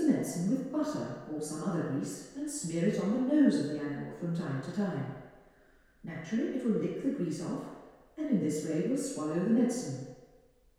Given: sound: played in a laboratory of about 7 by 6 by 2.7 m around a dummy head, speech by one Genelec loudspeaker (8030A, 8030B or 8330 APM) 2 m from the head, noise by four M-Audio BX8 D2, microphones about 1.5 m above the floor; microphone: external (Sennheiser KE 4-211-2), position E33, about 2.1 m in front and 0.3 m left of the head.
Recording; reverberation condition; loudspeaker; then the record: female speech in English; high; 90 degrees to the right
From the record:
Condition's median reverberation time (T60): about 1300 ms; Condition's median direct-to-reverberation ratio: about -4.0 dB